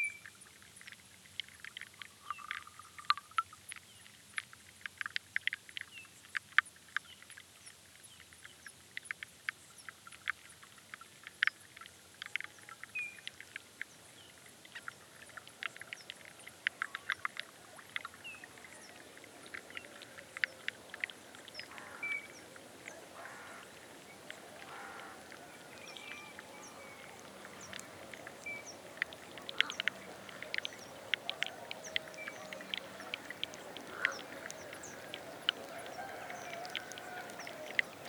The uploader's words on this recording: Aural encounters in the floodplains by pablo sanz, 2023. Sound piece composed with recordings made during SONIC FUTURE RESIDENCIES organized by Asociația Jumătatea plină and SEMI SILENT at Port Cetate, Dolj county, Romania, in September 2022. An imaginary day, from dawn to sunset. It meanders through aural spaces based on encounters with human and other-than-human lifeforms and their movements, shaped by the presence of the river.